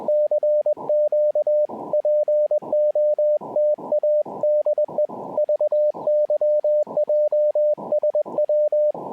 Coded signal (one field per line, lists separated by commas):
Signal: Morse code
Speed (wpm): 21 wpm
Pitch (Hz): 600 Hz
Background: radio noise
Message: CQ POTA DE VYJSW